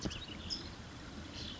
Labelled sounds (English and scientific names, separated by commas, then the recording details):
California Towhee (Melozone crissalis)
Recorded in Sonoma County, California